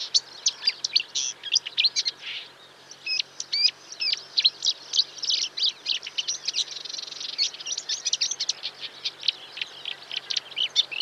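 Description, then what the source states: Bird singing, a dense stream of rapid high chirps and short whistled notes, continuous apart from one brief pause. Recorded in a marsh.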